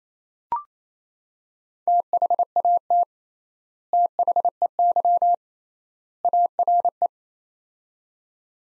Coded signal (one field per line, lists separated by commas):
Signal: Morse code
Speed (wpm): 28 wpm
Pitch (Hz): 700 Hz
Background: none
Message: THAT THEY ARE